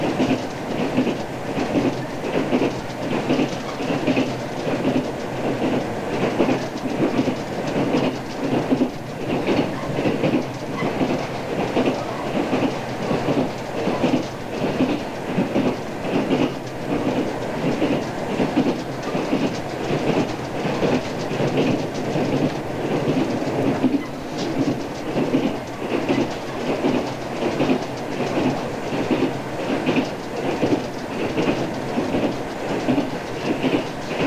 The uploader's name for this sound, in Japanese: ムグンファ号（温陽温泉駅到着までの車内音）